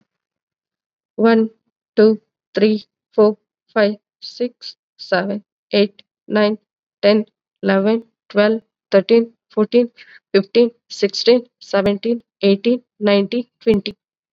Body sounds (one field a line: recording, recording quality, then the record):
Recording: counting at a normal pace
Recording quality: excellent, no background noise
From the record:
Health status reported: COVID-19 positive, mild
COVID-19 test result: positive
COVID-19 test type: rapid antigen test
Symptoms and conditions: cough, fever, fatigue, muscle pain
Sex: female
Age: 36 years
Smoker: no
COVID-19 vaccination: both doses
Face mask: worn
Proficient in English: yes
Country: India